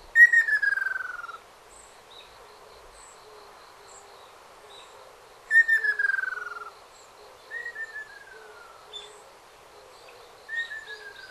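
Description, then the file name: Ruddy kingfisher calling: two loud descending trilled whistles about five seconds apart, followed by two fainter falling whistles. Ryukyu ruddy kingfisher, recorded on Okinawa on 9 April 2005. "ryuukyuuakashoubin okinawa kaji"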